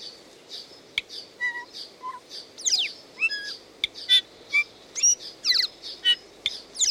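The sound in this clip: Bellbird song: clear ringing notes, some steady and bell-like, others sliding steeply, sung in quick irregular phrases.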